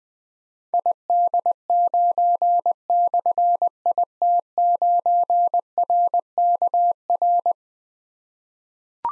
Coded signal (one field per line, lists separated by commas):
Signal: Morse code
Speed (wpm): 20 wpm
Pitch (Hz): 700 Hz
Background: none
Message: ID9/IT9RKR